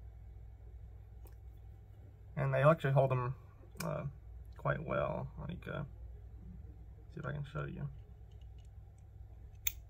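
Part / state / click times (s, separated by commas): driver bit into screwdriver handle bit socket / seated / 9.7 s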